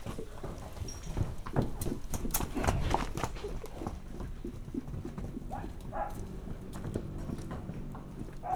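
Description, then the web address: Horse moving in a stable: shuffling, thumping hoof steps and rustling, with uneven knocks throughout. Tied horse rustling in a stable on a farmyard while its mate peeks in. "allathangok parasztudvar lo istallobabekotottloneszezese aparjabekukkanthozza"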